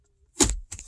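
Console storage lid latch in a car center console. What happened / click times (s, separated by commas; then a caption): The lid latch released / 0.4 s. A small lever on the center console of a Toyota RAV4 is pulled up, and the console storage lid latch releases with a sharp click at 0.4 s, followed by a short rattle. A softer clatter follows around 0.7 s as the storage lid opens.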